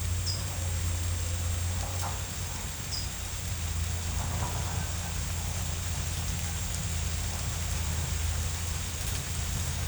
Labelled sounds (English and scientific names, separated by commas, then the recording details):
none
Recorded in secondary vegetation near Puerto Asís, Putumayo, Colombia, on 16 December 2024 at 17:00
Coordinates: 0.499, -76.323
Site G010